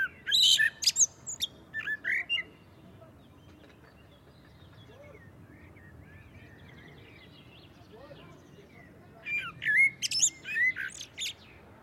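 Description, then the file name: Common blackbird song phrases at the start and again near the end, warbled whistles with high squeaky flourishes, separated by a long quiet stretch with faint notes. "Turdus merula"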